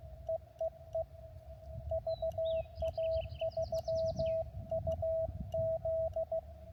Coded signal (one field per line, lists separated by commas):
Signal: Morse code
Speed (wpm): 16 wpm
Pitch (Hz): 650 Hz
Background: radio noise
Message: EEE VA3UZ